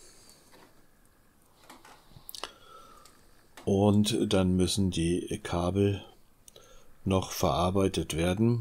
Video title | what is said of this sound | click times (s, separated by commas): Anlagenbau Teil 20 - Digitalisierung der Bühne | Häuschen wird jetzt wieder eingeklipst. | 2.3 s, 2.4 s